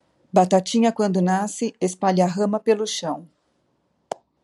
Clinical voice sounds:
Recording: short text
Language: Brazilian Portuguese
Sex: female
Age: 50 to 59 years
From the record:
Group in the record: control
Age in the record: 56 years

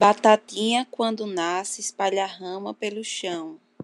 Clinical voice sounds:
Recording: short text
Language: Brazilian Portuguese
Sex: female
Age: 20 to 29 years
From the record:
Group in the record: control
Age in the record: 29 years

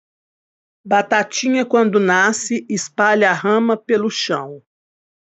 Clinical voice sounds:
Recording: short text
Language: Brazilian Portuguese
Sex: female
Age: 50 to 59 years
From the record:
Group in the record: control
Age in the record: 57 years

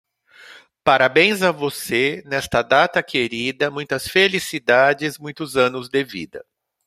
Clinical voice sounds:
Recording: short text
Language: Brazilian Portuguese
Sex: male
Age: 50 to 59 years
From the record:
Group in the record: control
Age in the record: 51 years

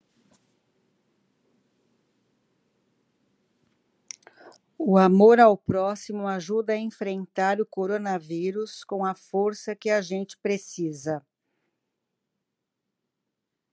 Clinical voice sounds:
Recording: spoken sentence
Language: Brazilian Portuguese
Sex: female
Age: 60 to 69 years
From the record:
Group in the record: control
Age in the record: 63 years

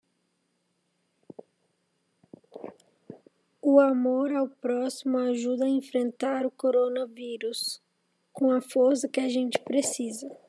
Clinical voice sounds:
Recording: spoken sentence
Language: Brazilian Portuguese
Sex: female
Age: 20 to 29 years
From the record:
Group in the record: control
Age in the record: 26 years

